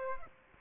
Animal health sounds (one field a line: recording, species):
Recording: mosquito wingbeat signal from an infrared sensor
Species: Aedes aegypti